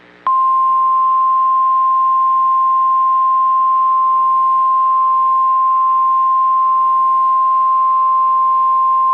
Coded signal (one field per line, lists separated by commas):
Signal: Emergency Alert System (SAME) tones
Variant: 1050 Hz attention tone